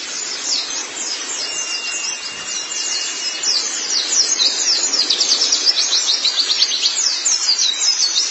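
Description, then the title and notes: White-eye song: a dense, high-pitched twittering of rapid chirps and short sweeping notes that runs without pause and grows busier toward the end. "Kicauan Burung Pleci Durasi Panjang. Suara kicauan burung pleci"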